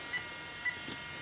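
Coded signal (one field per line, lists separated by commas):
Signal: beep code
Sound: two short high electronic beeps half a second apart, possibly cut off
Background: faint background hum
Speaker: it's still giving me the three beep warning the three beeps in popping out this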